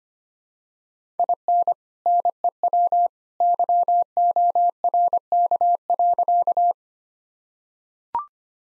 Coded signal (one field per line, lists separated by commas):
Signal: Morse code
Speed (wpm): 25 wpm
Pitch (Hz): 700 Hz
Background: none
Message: IN NEW YORK.